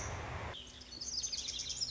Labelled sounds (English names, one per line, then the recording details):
Lazuli Bunting
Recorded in Sonoma County, California